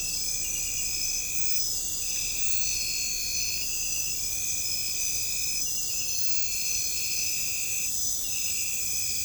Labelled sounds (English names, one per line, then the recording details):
none
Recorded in pastures near Puerto Asís, Putumayo, Colombia, on 21 December 2024 at 01:00
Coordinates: 0.496, -76.326
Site G004